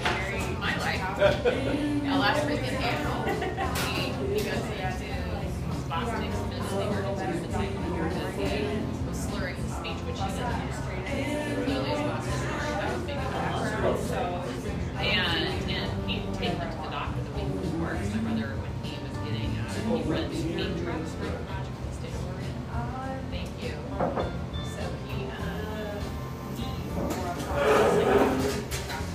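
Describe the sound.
Café sounds from a small drip coffee shop: overlapping voices chatter steadily throughout, with a woman's voice standing out at times. A constant low rumble sits underneath, and brief clinks and knocks pop up now and then, with a louder clatter near the end.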